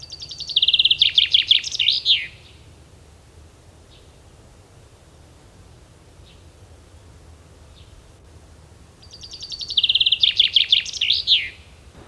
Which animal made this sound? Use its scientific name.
Fringilla coelebs